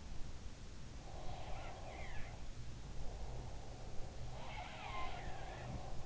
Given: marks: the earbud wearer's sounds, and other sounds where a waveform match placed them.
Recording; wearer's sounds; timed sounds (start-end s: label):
sounds in sleep by an in-ear microphone; breath
0.90-4.46 s: breath
1.21-2.55 s: sound from someone else or the room
4.24-6.06 s: sound from someone else or the room